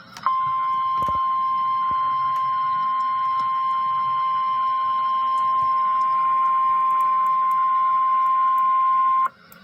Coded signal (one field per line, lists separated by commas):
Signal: Emergency Alert System (SAME) tones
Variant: 1050 Hz attention tone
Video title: Severe T-Storm Warning (2/24/17) (EAS #108)